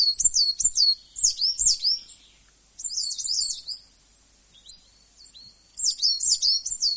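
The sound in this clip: Coal tit singing high, bright repeated double notes in three short bursts separated by brief silences.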